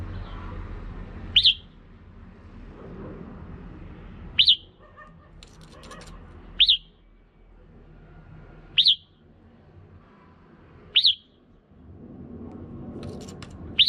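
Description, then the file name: Red-whiskered bulbul calling with sharp, clear whistled notes, six in all, every two to three seconds against a soft rumbling background. Female bird. "Tieng chao mao mai"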